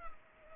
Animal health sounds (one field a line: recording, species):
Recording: mosquito wingbeat signal from an infrared sensor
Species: Culex pipiens